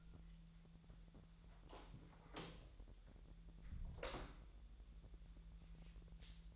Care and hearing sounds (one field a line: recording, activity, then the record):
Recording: daily activity, microphone in the room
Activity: close door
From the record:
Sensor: 3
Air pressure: 1001.4 hPa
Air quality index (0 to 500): 249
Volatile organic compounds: 157 ppm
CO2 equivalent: 4052 ppm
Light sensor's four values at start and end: 10/24/10/9 and 10/24/10/9